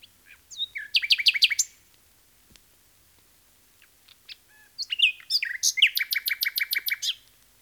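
Common nightingale song: two loud bursts of rapid repeated notes, each phrase opening with a falling whistle, separated by a few seconds of quiet with faint soft notes.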